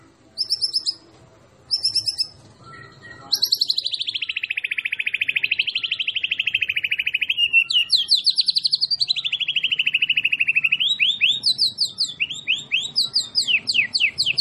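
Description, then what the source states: White-rumped shama song, brief high chirps, then a long fast trill wavering up and down in pitch, closing with sweeping repeated notes. Masteran training recording for songbirds, featuring a champion white-rumped shama.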